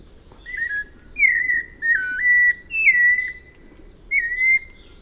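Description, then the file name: White-necked Thrush singing a string of clear whistled notes, each swooping down then level, separated by short pauses. "canto do sabia coleira"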